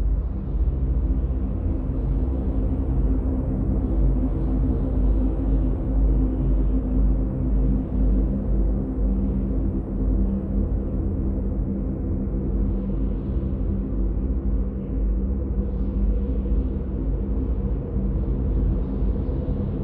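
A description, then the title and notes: Wind blows through the dungeon as a steady, heavy low rumble that holds for the whole stretch. The sound is dense and dark, with little above the low range. Soft rises in the airy hiss come and go, notably near the end. Ambient winds blow through the dungeon and warn the party of the dangers below.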